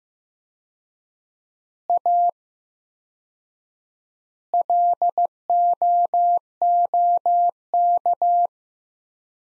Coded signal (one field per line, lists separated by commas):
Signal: Morse code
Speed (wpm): 15 wpm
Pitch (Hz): 700 Hz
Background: none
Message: A LOOK